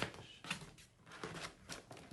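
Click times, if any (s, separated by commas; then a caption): none. The top panel of a cardboard toy demo tray box is folded over the side-panel flaps and pressed down, making bursts of cardboard rustling and scraping, with sharp handling noises near 0.0 and 0.5 seconds. The top has not snapped into place yet.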